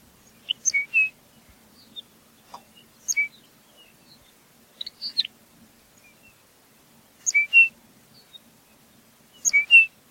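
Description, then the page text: Lapland longspur repeating short calls every couple of seconds, each a tight run of high ticks ending in a clear whistled note, over a quiet background. "Ryan P. O'Donnell - Лапландский подорожник (Calcarius lapponicus)"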